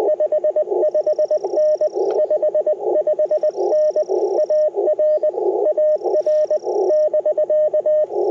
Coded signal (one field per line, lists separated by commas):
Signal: Morse code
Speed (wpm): 21 wpm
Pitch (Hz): 590 Hz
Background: none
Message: 55N 55N AR AR <BK>